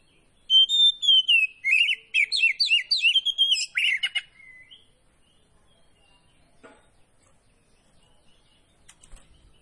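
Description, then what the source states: Oriental magpie-robin gives one rapid burst of trilled whistles and buzzy notes lasting a few seconds, then near silence with a few faint clicks. Poci variety of kacer (magpie-robin), singing vigorously in the gacor style.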